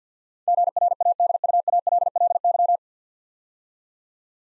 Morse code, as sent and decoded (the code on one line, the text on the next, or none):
--. .-. .- -.. ..- .- .-.. .-.. -.--
GRADUALLY